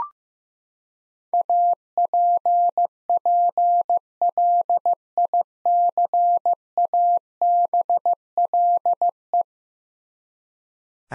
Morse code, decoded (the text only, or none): APPLICABLE